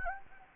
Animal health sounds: mosquito wingbeat signal from an infrared sensor; Anopheles gambiae

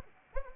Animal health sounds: mosquito wingbeat signal from an infrared sensor; Anopheles arabiensis

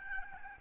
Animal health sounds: mosquito wingbeat signal from an infrared sensor; Aedes albopictus

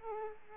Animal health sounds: mosquito wingbeat signal from an infrared sensor; Culex pipiens

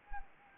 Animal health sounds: mosquito wingbeat signal from an infrared sensor; Anopheles arabiensis

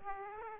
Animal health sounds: mosquito wingbeat signal from an infrared sensor; Aedes aegypti

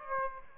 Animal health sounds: mosquito wingbeat signal from an infrared sensor; Aedes aegypti

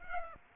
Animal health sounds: mosquito wingbeat signal from an infrared sensor; Aedes aegypti

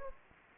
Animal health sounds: mosquito wingbeat signal from an infrared sensor; Anopheles gambiae

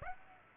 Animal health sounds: mosquito wingbeat signal from an infrared sensor; Aedes aegypti

